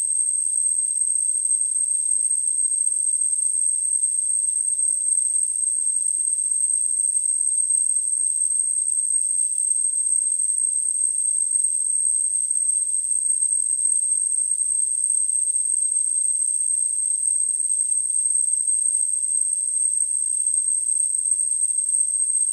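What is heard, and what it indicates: A steady, very high-pitched whistle with a faint surrounding hiss plays without a break for about 22 seconds, never changing in pitch or loudness. It is a simulated tinnitus sound, the ringing a person with tinnitus hears.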